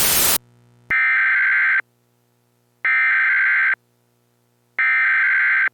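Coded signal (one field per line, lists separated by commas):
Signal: Emergency Alert System (SAME) tones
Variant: header bursts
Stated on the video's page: Mock EAS scenario, zombie-themed, not a real alert.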